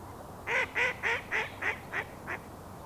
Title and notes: Boisbriand (colvert), 06.10.08. Colvert sur la rivière des Mille-îles à l'heure de pointe près de l'autoroute 15